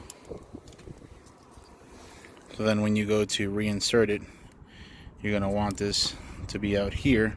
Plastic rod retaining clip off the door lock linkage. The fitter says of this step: pop it right off